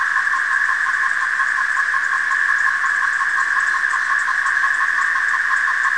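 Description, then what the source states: Periodical cicadas in chorus, a steady loud droning buzz with a faint rapid pulsing throughout and no pauses. Thirteen-year periodical cicada (tredecim) recorded in Michigan.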